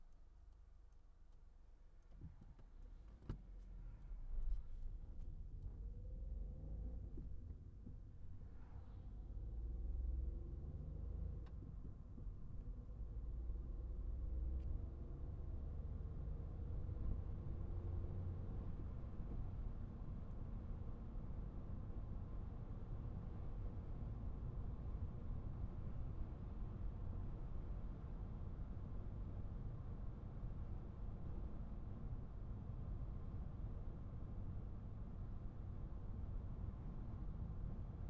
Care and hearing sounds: everyday scene through a hearing-aid microphone; in a vehicle; engine, traffic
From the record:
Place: Skoda Fabia, gasoline engine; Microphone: behind the ear, right, front

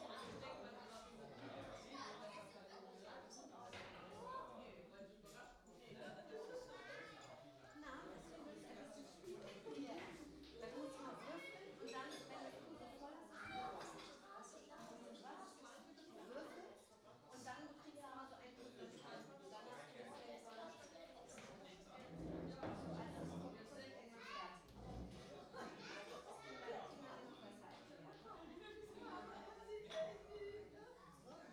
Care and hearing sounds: everyday scene through a hearing-aid microphone; many people talking; many voices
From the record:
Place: parish hall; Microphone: in the ear canal, right

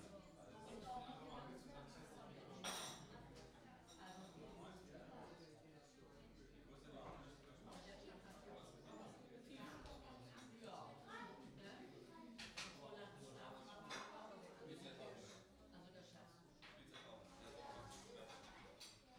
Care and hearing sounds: everyday scene through a hearing-aid microphone; many people talking; many voices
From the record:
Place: parish hall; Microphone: in the ear canal, right

